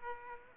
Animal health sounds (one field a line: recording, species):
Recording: mosquito wingbeat signal from an infrared sensor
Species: Aedes aegypti